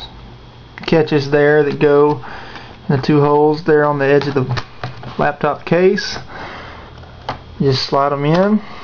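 A plastic hard drive bay cover for an Acer TravelMate 2480 is handled over the laptop base, with its two catches lined up to slide into the two holes on the edge of the laptop case before being pressed down. Someone talks throughout, and brief handling knocks are heard near 0.8 s and 7.3 s. Nothing has seated or clicked yet.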